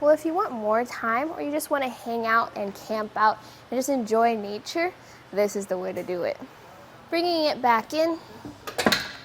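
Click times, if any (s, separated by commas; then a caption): 8.7 s, 8.9 s. Someone talks while the swing-away arm of a RockyMounts AfterParty hitch-mounted bike rack for 2 bikes on a 2019 Toyota Highlander is swung back in toward the vehicle. Its metal latch catches automatically in the base with sharp clicks at 8.7 s and 8.9 s, seating the arm closed. The lever still has to be tightened.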